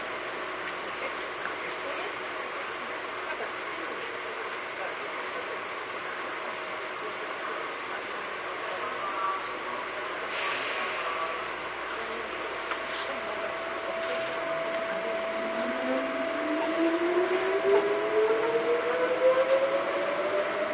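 A ride aboard a Tobu 9000 series train. It opens with a steady hum and rumble with a faint constant tone, broken by a few short clatters around the middle. From about fourteen seconds a motor whine climbs steadily in pitch as the train speeds up, growing louder.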